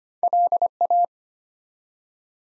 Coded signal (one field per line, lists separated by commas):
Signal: Morse code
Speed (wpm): 25 wpm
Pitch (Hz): 700 Hz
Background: none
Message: LA